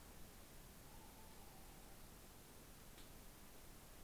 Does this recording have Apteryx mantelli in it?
no